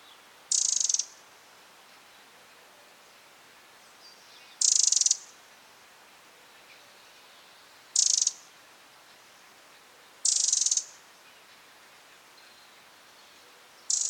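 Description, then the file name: Eurasian wren repeating a harsh buzzy rattle call every two to four seconds, five bursts in all, each a dense scratchy churr of about half a second. "Troglodytes troglodytes"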